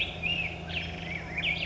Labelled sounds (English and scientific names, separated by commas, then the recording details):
Black-headed Grosbeak (Pheucticus melanocephalus)
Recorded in Sonoma County, California